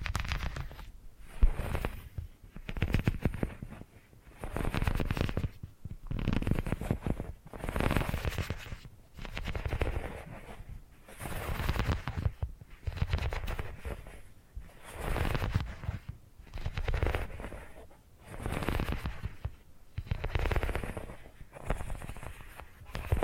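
Tingly purring triggers come in repeated swells, each lasting a second or two with brief gaps between, roughly every two seconds. The purr has a grainy, rapid rattling texture, a deep rumble underneath with a hissy, crackly edge on top, and a few sharper clicks.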